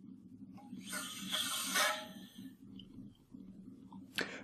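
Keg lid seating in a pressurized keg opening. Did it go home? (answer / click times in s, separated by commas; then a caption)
no / none. A homebrew keg is pressurized with about 20–30 psi of CO2 to seat its lid against the seal. A broad rush of gas fills roughly 0.9–2.0 s over a steady low hum, followed by a few faint short ticks near 2.8 s, 3.9 s and 4.2 s. No distinct click is heard, and the lid has not seated yet.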